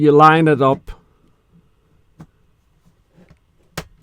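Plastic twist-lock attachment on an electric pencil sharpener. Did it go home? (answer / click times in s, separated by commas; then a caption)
yes / 3.8 s. Someone talks briefly as a plastic twist-lock part of an AFMAT Auto Feed and Eject electric pencil sharpener is lined up with a small catch and twisted. A few faint handling ticks follow, then one loud, sharp click at 3.8 s as the part locks firmly into place.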